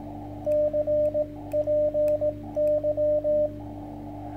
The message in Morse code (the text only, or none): CPY